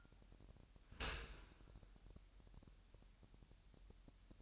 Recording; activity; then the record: daily activity, microphone in the room; open dishwasher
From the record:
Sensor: 2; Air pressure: 998.2 hPa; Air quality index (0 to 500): 146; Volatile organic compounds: 4 ppm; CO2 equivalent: 1655 ppm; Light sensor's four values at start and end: 10/30/12/11 and 10/30/12/11